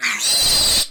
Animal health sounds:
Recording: pig call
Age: piglet (1 to 25 days)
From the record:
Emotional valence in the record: negative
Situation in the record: restrain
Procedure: sham castration, cut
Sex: male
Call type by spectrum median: high-frequency call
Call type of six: high-frequency modulated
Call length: 0.91 s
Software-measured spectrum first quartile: 3777 Hz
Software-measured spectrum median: 5134 Hz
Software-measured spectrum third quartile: 8418 Hz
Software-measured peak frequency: 4031 Hz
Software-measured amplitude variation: 73 dB a second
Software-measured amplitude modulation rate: 21.5 a second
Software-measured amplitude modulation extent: 3.4 dB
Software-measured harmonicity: 3.6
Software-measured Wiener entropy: -1.83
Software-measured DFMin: 548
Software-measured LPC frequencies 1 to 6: 950, 2151, 4063, 4761, 5675, 6684 Hz

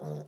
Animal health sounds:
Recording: pig call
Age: piglet (1 to 25 days)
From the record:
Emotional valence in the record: negative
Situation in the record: short isolation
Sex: female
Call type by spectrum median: low-frequency call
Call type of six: low-frequency stable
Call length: 0.28 s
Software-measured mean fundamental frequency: 76 Hz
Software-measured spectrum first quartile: 156 Hz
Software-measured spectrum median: 289 Hz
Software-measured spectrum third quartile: 542 Hz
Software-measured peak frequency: 453 Hz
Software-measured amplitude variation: 94 dB a second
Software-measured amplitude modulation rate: 18.0 a second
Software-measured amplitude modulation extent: 5.2 dB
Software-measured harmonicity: 0.8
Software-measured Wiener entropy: -0.08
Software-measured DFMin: 1341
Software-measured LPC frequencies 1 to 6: 522, 3597, 5630, 6034, 8154, 8801 Hz

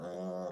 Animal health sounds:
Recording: pig call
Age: piglet (1 to 25 days)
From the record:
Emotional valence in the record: negative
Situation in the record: long isolation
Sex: female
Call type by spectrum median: low-frequency call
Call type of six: low-frequency modulated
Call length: 0.52 s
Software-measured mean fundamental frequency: 61 Hz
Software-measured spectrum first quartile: 258 Hz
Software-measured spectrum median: 488 Hz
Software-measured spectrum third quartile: 646 Hz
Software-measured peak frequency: 534 Hz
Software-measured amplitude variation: 50 dB a second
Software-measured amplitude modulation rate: 20.3 a second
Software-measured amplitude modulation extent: 2.5 dB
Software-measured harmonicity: 1.6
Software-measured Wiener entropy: -0.11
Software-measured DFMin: 1284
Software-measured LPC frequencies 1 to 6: 571, 3381, 4988, 5728, 6992, 7869 Hz

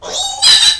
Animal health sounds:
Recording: pig call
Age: piglet (1 to 25 days)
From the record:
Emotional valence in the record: negative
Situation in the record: restrain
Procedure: in the arms of a person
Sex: male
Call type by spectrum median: high-frequency call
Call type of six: mixed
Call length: 0.80 s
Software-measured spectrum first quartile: 3654 Hz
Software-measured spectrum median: 4374 Hz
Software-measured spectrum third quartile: 6448 Hz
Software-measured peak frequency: 3971 Hz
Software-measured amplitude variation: 140 dB a second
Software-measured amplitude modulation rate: 20.0 a second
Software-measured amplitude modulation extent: 7.0 dB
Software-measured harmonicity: 5.8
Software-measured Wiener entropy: -2.55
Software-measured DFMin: 791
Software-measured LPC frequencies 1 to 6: 795, 1734, 3090, 3960, 4880, 5659 Hz

